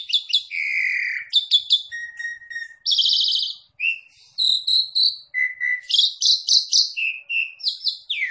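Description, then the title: Javan pied starling with a busy mix of whistles, buzzy notes and short squeaks, shifting quickly in pitch, one phrase after another. Lure call meant to make the bird call back straight away. "Pancingan Jalak Suren Langsung Bunyi"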